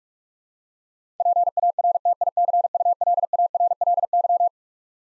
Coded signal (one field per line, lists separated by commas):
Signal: Morse code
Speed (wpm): 46 wpm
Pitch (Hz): 700 Hz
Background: none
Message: PARTICULARLY